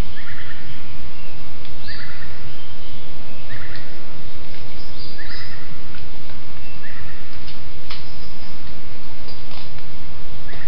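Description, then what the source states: Bird calls: short two-part phrases repeated every second or two over constant low rumbling, with occasional sharp clicks. Jungle at Mungku Baru, Central Kalimantan province, Indonesia.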